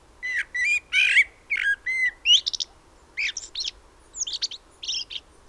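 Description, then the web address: Common blackbird giving a few clear whistles, then a run of scratchy, squeaky chirps in short bursts. "SETE Turdus merula"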